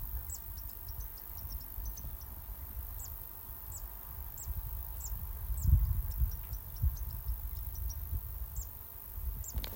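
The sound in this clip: Zitting cisticola calls: many thin, sharp, very high notes, over a steady low rumble.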